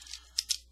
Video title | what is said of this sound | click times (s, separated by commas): HTC EVO - Otterbox - Defender Series Case - Unboxing and Review | very easy, and it snaps into place. | 0.4 s, 0.5 s